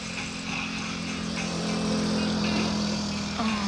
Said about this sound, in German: Irgendein Bus. Wäre mir alles egal, wohin. Ich fahr mit, jetzt nachts auch.